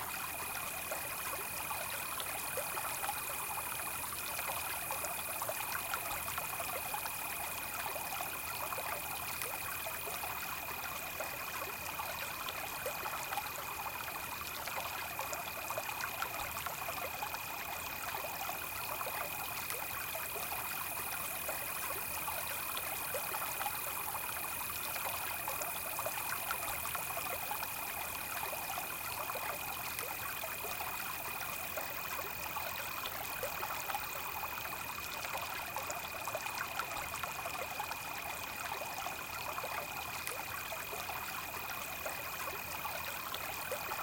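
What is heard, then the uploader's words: Night swamp ambience with a steady, unbroken cricket trill holding one high pitch throughout. Beneath it runs a dense, even hiss of insects and trickling, stream-like texture that never swells or pauses, with little low rumble. Night Ambient Sounds, Cricket, Swamp Sounds at Night.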